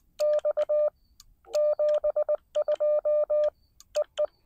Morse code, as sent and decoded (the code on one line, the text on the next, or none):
-..- / --... ..--- / . .
X 72 EE